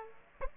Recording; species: mosquito wingbeat signal from an infrared sensor; Aedes aegypti